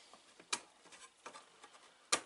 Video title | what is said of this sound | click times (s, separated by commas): ouverture de colis | On va l'emboîter là. Tac, | 0.5 s, 2.1 s